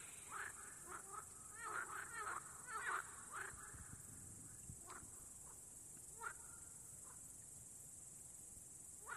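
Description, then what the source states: Frogs giving scattered croaks, a cluster of calls in the first few seconds and then sparser single notes over a steady hiss. Frogs at Nová Oleška.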